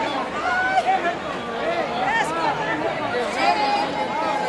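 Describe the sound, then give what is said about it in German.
A dense crowd of spectators chatters outside the entrance gates of a bullring on one of the most important days of the feria, many overlapping voices forming a steady, fairly loud babble with no single voice standing out. “Viele Zuschauer drängen sich vor den Eingangstoren der Arena.”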